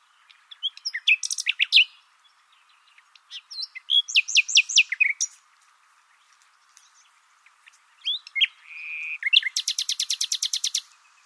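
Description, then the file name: Common nightingale singing three separate phrases of varied whistles and chirps, the last ending in a long, rapid, even series of loud repeated notes. "Luscinia megarhynchos"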